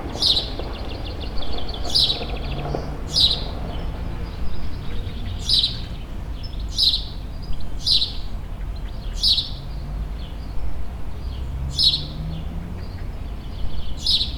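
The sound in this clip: Bird chirps: short high notes repeated every one to three seconds over a steady low rumble.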